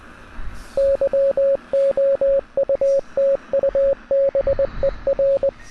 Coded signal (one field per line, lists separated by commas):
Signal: Morse code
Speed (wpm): 20 wpm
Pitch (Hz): 550 Hz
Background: radio noise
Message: YOUTUBER